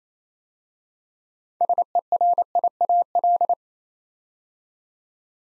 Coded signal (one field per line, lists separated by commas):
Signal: Morse code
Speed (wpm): 28 wpm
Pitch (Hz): 700 Hz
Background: none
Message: SERIAL